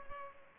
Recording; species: mosquito wingbeat signal from an infrared sensor; Culex pipiens